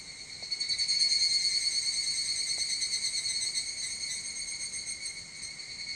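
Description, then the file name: Evening cicada song, a bright high-pitched pulsing trill, loudest early on and slowly fading while the rhythm continues. Recorded on 25 July 2022 at 04:39. "higurashi 220725"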